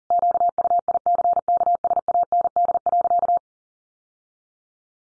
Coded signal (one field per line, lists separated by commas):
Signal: Morse code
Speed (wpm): 40 wpm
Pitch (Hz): 700 Hz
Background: none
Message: QUICKSAND.